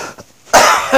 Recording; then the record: coughing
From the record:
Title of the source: Heavy cold and sore throat coughing.